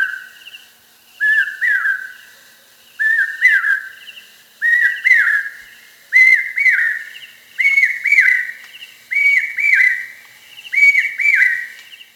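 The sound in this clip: Hawk-cuckoo giving loud, shrill whistled phrases, repeated about every one and a half seconds and climbing gradually in pitch.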